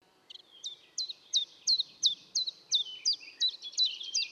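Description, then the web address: Common chiffchaff song, a quick even series of high, down-stroked chiff notes, nearly three per second, growing louder at first and then steady. Recorded at Valsolda. "cibra valsolda. Lui piccolo"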